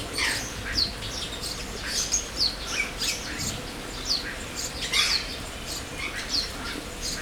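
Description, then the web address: Birds calling, a mix of short chirps and harsh squawks overlapping, with sharp high notes scattered throughout over a steady background hiss. Birds in an aviary at Jászberény Zoo, recorded in 2016. "allathangok jaszberenyizoo 2016 professzionalis madarak ropde"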